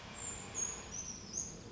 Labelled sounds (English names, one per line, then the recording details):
Brown Creeper
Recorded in Sonoma County, California